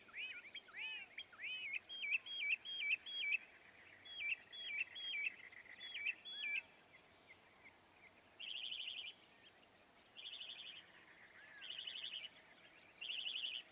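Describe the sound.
Northern mockingbird song: wavering, looping whistled phrases repeated several times, then switching to spaced, buzzy notes.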